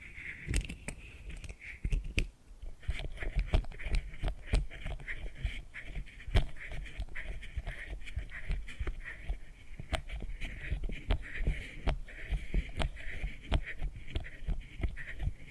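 Hypnotic tapping and scratching: quick, irregular taps and clicks come in dense clusters throughout, with a few sharper knocks near 2, 6 and 10 seconds. A soft, steady rustling scratch runs underneath, with a brighter band of scraping that swells and fades.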